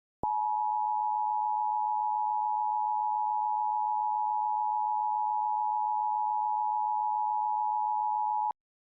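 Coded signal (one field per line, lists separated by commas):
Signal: Emergency Alert System (SAME) tones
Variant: 853 and 960 Hz attention tone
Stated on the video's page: Fictional EAS scenario analog horror recreation.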